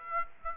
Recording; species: mosquito wingbeat signal from an infrared sensor; Aedes aegypti